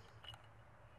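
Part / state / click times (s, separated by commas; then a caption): macro extension tube into camera lens mount / not seated / none. A Fotodiox macro extension tube is handled at the camera body's bayonet mount, with a brief faint tick near 0.3 s over a steady low hum. Nothing has seated or clicked into place yet.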